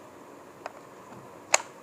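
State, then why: Seated. A household holder is fitted onto an adhesive mount stuck to a wall or wood surface and clicks into place. Over a quiet background, a soft click at 0.7 s is followed by a louder, sharp click at 1.5 s, and the holder is seated on its base.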